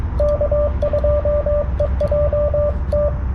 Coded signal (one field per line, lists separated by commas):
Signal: Morse code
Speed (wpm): 22 wpm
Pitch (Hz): 590 Hz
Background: radio noise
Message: K2EJT